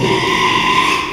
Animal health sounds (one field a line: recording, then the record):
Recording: squeal of a Yucatan mini pig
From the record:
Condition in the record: after surgery on the right vocal fold (resection and tissue-engineered implant)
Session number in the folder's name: 1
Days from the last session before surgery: 6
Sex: male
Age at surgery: 12 weeks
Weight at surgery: 13 kg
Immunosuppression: cyclosporine, prednisolone